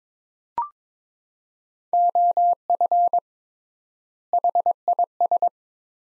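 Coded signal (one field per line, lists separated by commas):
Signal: Morse code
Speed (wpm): 22 wpm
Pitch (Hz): 700 Hz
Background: none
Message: OF HIS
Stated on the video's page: Morse word-pair copying practice at 22 wpm with triple word spacing, Farnsworth-like method; each set sent, spoken, then resent.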